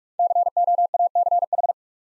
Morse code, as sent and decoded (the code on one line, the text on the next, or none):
-.-. --- .- -.-. ....
COACH